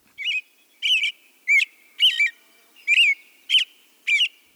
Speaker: Here's the lovely but more methodical song of the American robin.